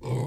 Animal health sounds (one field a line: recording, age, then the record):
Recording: pig call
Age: weaner (32 to 43 days)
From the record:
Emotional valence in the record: negative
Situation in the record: novel object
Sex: female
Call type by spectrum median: low-frequency call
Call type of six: low-frequency stable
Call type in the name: low-frequency stable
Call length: 0.27 s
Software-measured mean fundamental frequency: 63 Hz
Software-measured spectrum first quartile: 128 Hz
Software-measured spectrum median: 232 Hz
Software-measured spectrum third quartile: 615 Hz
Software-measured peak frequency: 131 Hz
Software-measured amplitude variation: 121 dB a second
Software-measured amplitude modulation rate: 16.9 a second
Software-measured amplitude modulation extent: 7.2 dB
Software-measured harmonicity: -1.0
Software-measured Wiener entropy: -0.60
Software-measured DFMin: 934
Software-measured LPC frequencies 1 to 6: 878, 2162, 3269, 4938, 7000, 7832 Hz